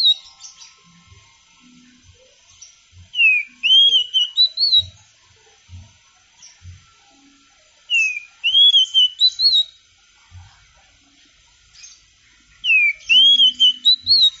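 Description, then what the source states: Oriental magpie-robin giving three loud whistled phrases, each an upslurred note followed by quick warbling twists, with soft clicks and chips in between. Champion singing bird; kacer song.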